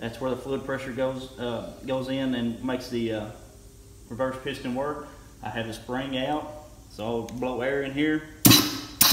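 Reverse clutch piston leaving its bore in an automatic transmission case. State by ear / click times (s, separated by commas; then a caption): released / 8.5 s, 9.0 s. Someone talks while compressed air is blown into the fluid feed hole of a 4L60E automatic transmission case, with the spring already removed, to force out the metal reverse clutch piston. Sharp bursts at 8.5 s and 9.0 s mark the reverse piston popping up out of its bore under the air pressure, releasing it.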